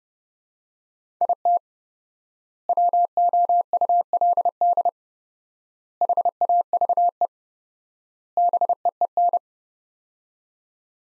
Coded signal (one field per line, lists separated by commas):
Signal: Morse code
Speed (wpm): 31 wpm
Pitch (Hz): 700 Hz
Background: none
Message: IT WOULD HAVE BEEN